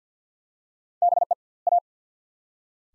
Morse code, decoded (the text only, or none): BE A